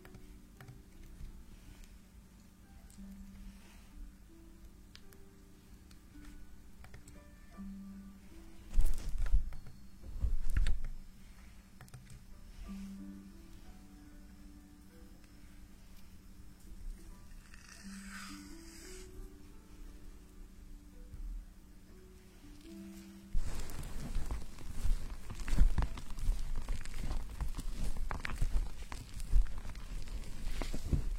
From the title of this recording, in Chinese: 洗头发 纯泡沫挠头音